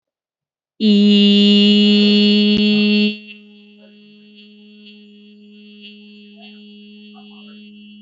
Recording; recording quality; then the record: sustained vowel as in beet; excellent, no background noise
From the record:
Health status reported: healthy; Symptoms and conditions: none ticked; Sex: female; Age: 27 years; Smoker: not ticked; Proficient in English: yes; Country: India